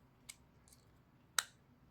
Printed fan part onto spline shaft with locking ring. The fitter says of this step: snap it into place